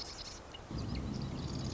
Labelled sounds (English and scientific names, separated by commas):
Marsh Wren (Cistothorus palustris)